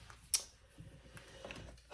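A sew-on snap on a fabric crossbody bag flap is pulled apart and unsnapped before sewing, so the flap keeps a little give. A sharp snap at 0.3 s stands out above faint handling and rustling, with softer ticks around 0.1, 1.2 and 1.5 s. The snap comes undone and the flap is released.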